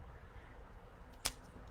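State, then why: Seated. A sliding plastic piece is pushed down into place on a pepper spray holder. After a low, quiet stretch, one sharp, bright click lands at 1.3 s, followed by a faint tick near the end. The piece is seated.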